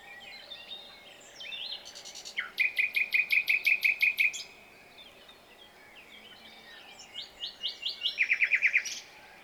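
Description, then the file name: Common nightingale singing: soft chattering notes lead into a loud rapid rattle of even pulses, a quiet gap, then a series of notes ending in another quick rattle. "Luscinia megarhynchos"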